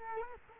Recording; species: mosquito wingbeat signal from an infrared sensor; Culex quinquefasciatus